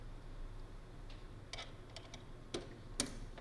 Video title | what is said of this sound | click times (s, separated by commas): Warwick AV Rack | make sure it clicks into place | 3.0 s